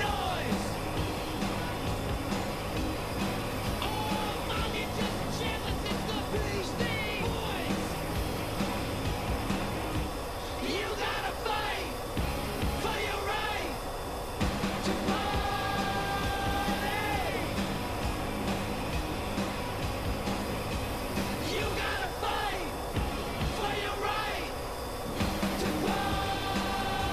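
F-14 Tomcat cockpit sound: a constant dense engine roar and low rumble, with thin whining tones and muffled voice-like chatter coming and going.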